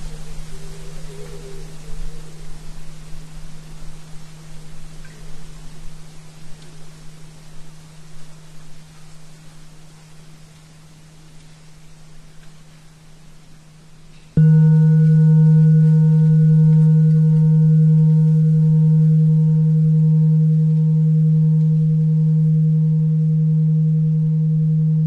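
A steady low test tone, given as 77.4 Hz, hums quietly over faint hiss for the first fourteen seconds. At about 14.5 seconds it jumps abruptly louder, gaining thin, brighter overtones above it, and holds that level, unchanging, to the end.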